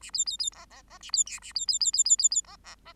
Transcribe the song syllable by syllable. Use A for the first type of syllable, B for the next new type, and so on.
A B B B C C A B D A B B B B B B B C C C